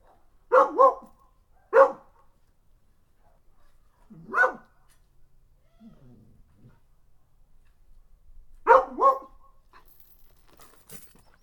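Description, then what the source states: Dog barking in bursts: a quick double bark, then a single bark, another single bark, and a final double bark, with quiet pauses between. Mixed-breed dog named Mia.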